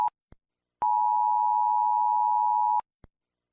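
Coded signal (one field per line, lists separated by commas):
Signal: Emergency Alert System (SAME) tones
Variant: 853 and 960 Hz attention tone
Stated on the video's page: Fake alert scenario, not a real broadcast.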